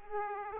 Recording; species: mosquito wingbeat signal from an infrared sensor; Aedes aegypti